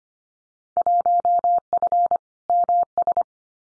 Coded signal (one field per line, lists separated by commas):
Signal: Morse code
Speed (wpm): 25 wpm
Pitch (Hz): 700 Hz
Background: none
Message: 1F MS